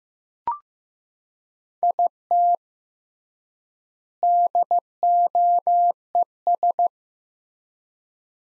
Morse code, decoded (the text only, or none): IT DOES